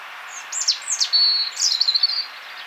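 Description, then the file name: European robin song, a brief high-pitched phrase of thin, slurred whistles dropping and twisting, then a quick run of sibilant notes. "Erithacus rubecula"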